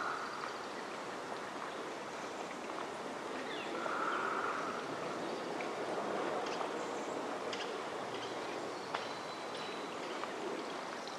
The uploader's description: Upper Macleay section of Forest Park, Portland, Oregon